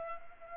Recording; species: mosquito wingbeat signal from an infrared sensor; Culex pipiens